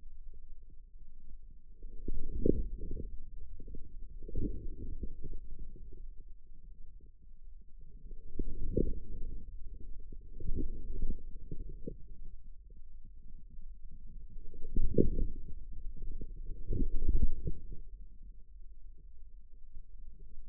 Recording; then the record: forearm muscle sounds (acoustic myography)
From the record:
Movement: outward rotation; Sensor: system 2, bracelet of six BSWA MPA416 microphones around the upper forearm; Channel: 5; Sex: male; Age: 22 years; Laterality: right